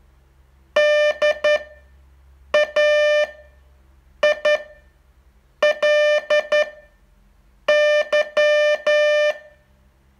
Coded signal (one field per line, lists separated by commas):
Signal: Morse code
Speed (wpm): 10 wpm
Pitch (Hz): 600 Hz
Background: music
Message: DAILY